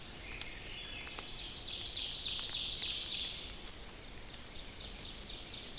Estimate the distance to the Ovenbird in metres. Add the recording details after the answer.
about 70 m. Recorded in boreal forest in Alberta, Canada, on 29 May 2016 at 06:51. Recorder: SongMeter 3, array SBT-3-49. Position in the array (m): 73 m, 257 m. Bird 14